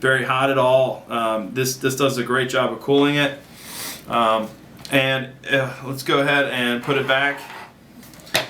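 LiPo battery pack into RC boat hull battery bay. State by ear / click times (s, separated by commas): seated / 8.3 s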